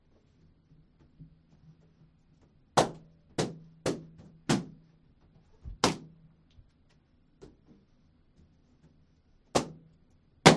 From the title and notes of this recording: The blind spot radio program filled the on-air studio with as many balloons as …, … and I could blow up (which happened to be 1,190) and then entered the room and popped them one at a time with a needle taped to a stick.